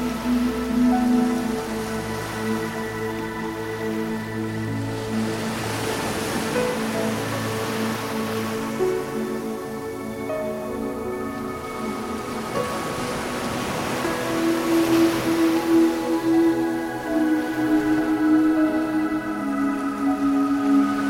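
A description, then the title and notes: Soft synth pads and strings hold long, overlapping chords that shift slowly, with a low bass line underneath. Ocean waves wash in behind the music, swelling around the five- and thirteen-second marks before easing back. The overall level stays even and calm. Ocean Dreams: Sleep Music with Ocean Waves. Relax to pleasant synths and strings with ocean waves.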